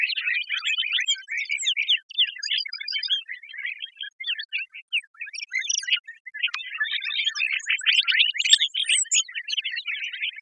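Lark bunting flock calling: steady overlapping chips and twitters, thinning briefly in the middle, then swelling again into dense chatter.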